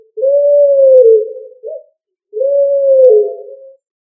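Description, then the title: Pigeon giving two long, smooth cooing notes, each slightly falling at the end, with a short note between them. "LuckyFamilia ColumbidaePombaSama"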